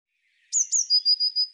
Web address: cianscape birddata Deverinetal 2025 Bird Cy Ca